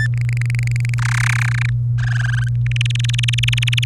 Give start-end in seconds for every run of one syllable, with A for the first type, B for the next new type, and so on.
0.00-0.07 A, 0.14-0.94 B, 0.98-1.69 C, 1.98-2.48 D, 2.66-3.84 E